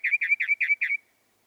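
Northern mockingbird song: a phrase of five quick two-part notes, each a burry chirp sliding into a clear whistle, repeated evenly then stopping.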